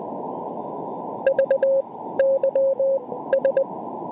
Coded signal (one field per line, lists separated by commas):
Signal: Morse code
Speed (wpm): 20 wpm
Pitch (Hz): 540 Hz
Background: radio noise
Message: VYS